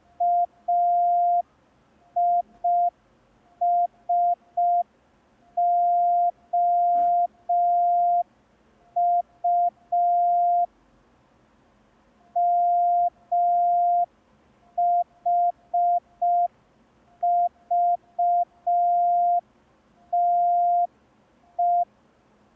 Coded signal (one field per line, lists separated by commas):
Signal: Morse code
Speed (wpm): 5 wpm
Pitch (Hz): 700 Hz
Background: none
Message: AISOU MHVTE